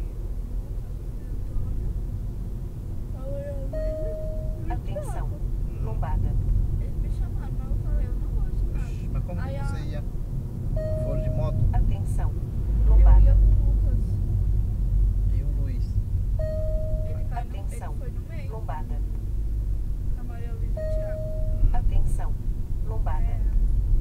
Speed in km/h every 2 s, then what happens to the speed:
40, 40, 40, 40, 41, 38, 32, 29, 28, 29, 30, 31.
0-8 steady at about 40. 8-16 slows to 28. 16-24 steady at about 29.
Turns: none.